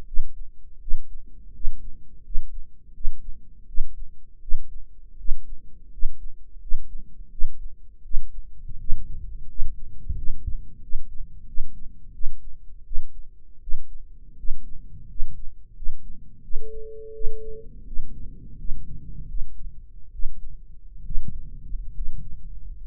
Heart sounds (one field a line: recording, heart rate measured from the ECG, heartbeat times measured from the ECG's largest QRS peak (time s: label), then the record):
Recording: heart sounds by microphone in the right ear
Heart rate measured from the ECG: 82 bpm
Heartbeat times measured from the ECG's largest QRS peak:
0.06 s: heartbeat
0.80 s: heartbeat
1.53 s: heartbeat
2.23 s: heartbeat
2.93 s: heartbeat
3.66 s: heartbeat
4.40 s: heartbeat
5.17 s: heartbeat
5.91 s: heartbeat
6.60 s: heartbeat
7.30 s: heartbeat
8.03 s: heartbeat
8.79 s: heartbeat
9.48 s: heartbeat
10.15 s: heartbeat
10.81 s: heartbeat
11.46 s: heartbeat
12.12 s: heartbeat
12.84 s: heartbeat
13.60 s: heartbeat
14.37 s: heartbeat
15.08 s: heartbeat
15.75 s: heartbeat
16.42 s: heartbeat
17.13 s: heartbeat
17.85 s: heartbeat
18.57 s: heartbeat
19.27 s: heartbeat
20.12 s: heartbeat
21.04 s: heartbeat
21.93 s: heartbeat
22.82 s: heartbeat
From the record:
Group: healthy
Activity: rest 0-17 s, breath hold 17-23 s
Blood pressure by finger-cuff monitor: 156/89 mmHg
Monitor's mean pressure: 109 mmHg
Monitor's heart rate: 84 bpm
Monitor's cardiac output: 8.4 L/min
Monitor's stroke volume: 99 mL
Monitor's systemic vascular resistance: 950 dyn s/cm5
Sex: male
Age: 23 years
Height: 179 cm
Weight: 87 kg